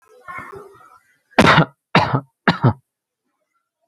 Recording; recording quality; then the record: shallow voluntary cough; excellent, no background noise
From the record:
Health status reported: healthy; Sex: male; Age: 24 years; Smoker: no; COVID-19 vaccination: one dose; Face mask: not worn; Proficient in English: yes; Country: India